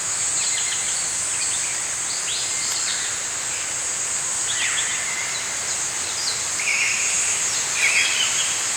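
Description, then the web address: Birds singing, brief chirps early, then clearer whistled phrases and buzzy notes in the second half, with a constant high-pitched insect hum behind. Morning birds singing in a forest. "Dr Sound Effects. Morning Birds Singing In a Forest"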